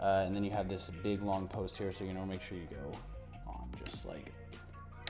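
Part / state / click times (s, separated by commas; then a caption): battery connector onto post in the e-bike battery box / seated / 5.1 s. A battery connector with a long open side is pushed onto a long post in the battery box of a SurRon X Black Edition e-bike while someone talks over background music. The connector clicks into place at 5.1 s and is seated.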